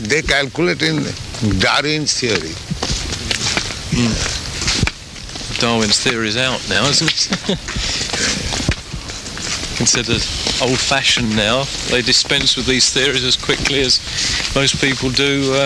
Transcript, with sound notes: They calculate in Darwin's theory.
Darwin's theory's out now, isn't it? [laughs] It's considered old fashioned now. They dispense with these theories as quickly as most people do